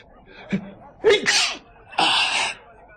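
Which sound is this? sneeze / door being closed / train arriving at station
sneeze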